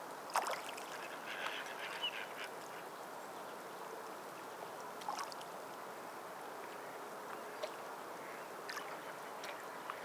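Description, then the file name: Ducks quacking, a few harsh nasal calls spread throughout, over a steady hiss of rain. Ducks in water with falling raindrops. "Spa Raindrops Sleep Relaxing Sleep Sound - Ducks in the Water"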